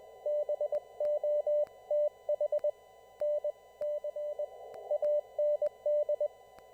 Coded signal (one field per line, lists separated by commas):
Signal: Morse code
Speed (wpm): 20 wpm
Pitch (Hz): 590 Hz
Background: none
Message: BOTH NC AND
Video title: Formal Traffic Net using CW (Morse Code)